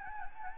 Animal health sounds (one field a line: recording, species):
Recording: mosquito wingbeat signal from an infrared sensor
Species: Anopheles gambiae